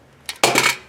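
The magazine release button on a Glock 43X pistol is pressed and the metal magazine drops freely out of the magazine well, metal to metal. A faint click at 0.3 s is followed by a louder metallic clatter at 0.4 s that rings briefly and fades by 0.9 s. The magazine releases cleanly and the release works very well.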